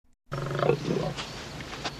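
A lion walking toward a woman lets out a deep, rumbling roar that swells and then fades into a lower growl, with a few rough breathy bursts trailing off over about two seconds.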